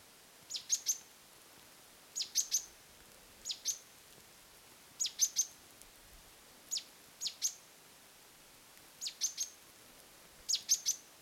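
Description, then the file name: Great tit calls: short, sharp high notes singly or in clusters of two or three, repeated about every one to two seconds over a faint, steady hiss. "Parus major"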